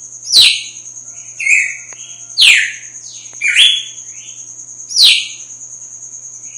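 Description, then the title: Red-cowled cardinal song of crisp downslurred notes and lower buzzy phrases, delivered in uneven bursts with a continuous high background tone. Female; sings strongly at dawn after the moult. "Canto Galo Campina Fêmea. GALO DE CAMPINA AÇOITA FORTE NA MADRUGADA DEPOIS DA MUDA"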